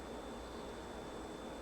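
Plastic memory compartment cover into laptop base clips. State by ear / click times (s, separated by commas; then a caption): not seated / none. A plastic memory compartment cover is pressed onto the underside of a Lenovo ThinkPad E15 laptop to clip it into the base, but the cover does not line up with the clips. Only a steady broadband hiss with faint high-pitched tones is heard at an even level, with no distinct hit. Nothing has clicked or seated yet.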